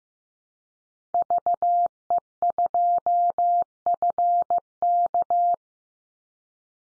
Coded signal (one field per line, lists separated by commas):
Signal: Morse code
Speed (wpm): 15 wpm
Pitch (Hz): 700 Hz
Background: none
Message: VE2FK